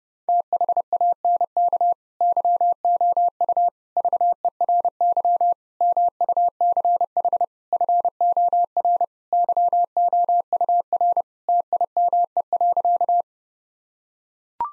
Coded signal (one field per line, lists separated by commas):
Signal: Morse code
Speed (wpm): 30 wpm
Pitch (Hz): 700 Hz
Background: none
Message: THANK YOU VERY MUCH FOR YOUR TIME.